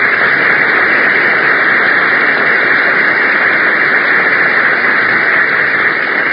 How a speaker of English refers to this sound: Well, did you hear that applause, Mary? Everybody's glad to see you.